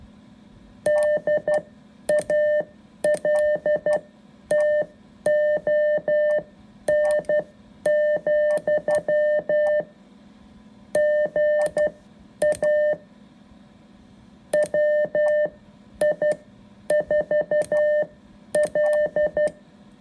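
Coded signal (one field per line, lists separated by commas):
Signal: Morse code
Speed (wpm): 12 wpm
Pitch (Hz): 600 Hz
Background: none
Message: DALTON, GA WI4L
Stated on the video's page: Morse sent right-handed on a left-handed keyer.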